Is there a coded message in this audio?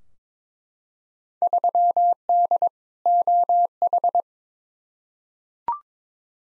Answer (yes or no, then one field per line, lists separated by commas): yes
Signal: Morse code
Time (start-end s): 1.4-4.2 s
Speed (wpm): 22 wpm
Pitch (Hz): 700 Hz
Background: none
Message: 3D OH